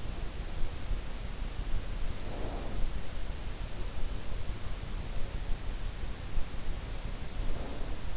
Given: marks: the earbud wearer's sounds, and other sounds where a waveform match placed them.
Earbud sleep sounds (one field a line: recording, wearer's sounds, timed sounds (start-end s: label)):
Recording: sounds in sleep by an in-ear microphone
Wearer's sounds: snoring breath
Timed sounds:
2.20-2.97 s: snoring breath
7.40-8.09 s: snoring breath